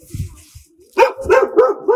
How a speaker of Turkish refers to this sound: Güzel. Köpekle de, köpek sesiyle de finali yaptık.